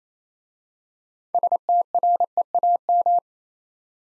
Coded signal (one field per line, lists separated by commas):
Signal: Morse code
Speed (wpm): 27 wpm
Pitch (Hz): 700 Hz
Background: none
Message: STREAM